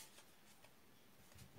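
A plastic blade insert is positioned and lined up on the housing of a kitchen slicer, producing only faint, soft handling rustles over a steady low background. The insert has not been pushed home, and nothing has seated or clicked yet.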